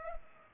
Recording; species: mosquito wingbeat signal from an infrared sensor; Culex pipiens